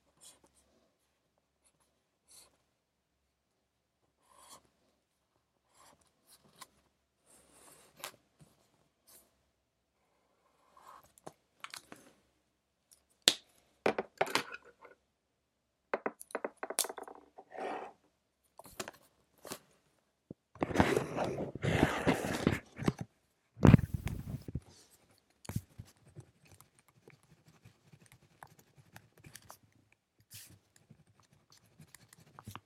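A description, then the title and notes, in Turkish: Pencil writing while studying: scattered light taps and scratches at first, growing busier and louder from about ten seconds. A dense rough burst of scratching comes around 21 to 24 seconds, then the sounds thin out again into occasional soft ticks. Ev, kütüphane çalışmaları ortam sesi. Kurşun kalem ile ders çalışma; ortam sesleri, beyaz gürültü alt yapısı.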